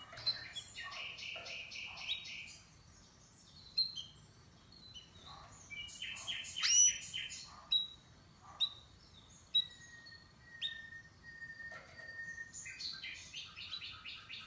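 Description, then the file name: Canary song: varied trilled phrases, sharp high chips and a few long level whistles, with a steady low hiss underneath. "Canary Voice"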